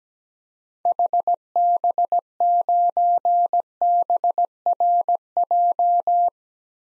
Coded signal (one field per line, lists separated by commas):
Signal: Morse code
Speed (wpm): 17 wpm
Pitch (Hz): 700 Hz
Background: none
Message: HB9BRJ